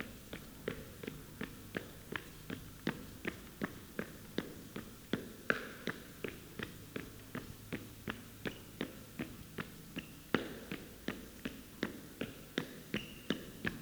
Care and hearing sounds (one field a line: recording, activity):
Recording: daily activity, guitar pickup as the sensor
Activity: run